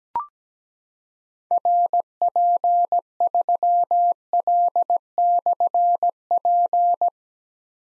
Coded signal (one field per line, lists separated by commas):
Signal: Morse code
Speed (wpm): 17 wpm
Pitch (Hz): 700 Hz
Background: none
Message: RP3L/P